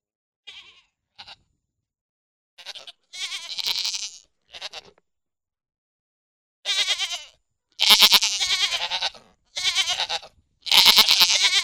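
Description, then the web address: Pygmy goat uttering short bleats that build into longer, louder wavering calls, the later ones coming in a close run. "Goats -Pigmy"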